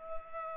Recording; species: mosquito wingbeat signal from an infrared sensor; Culex pipiens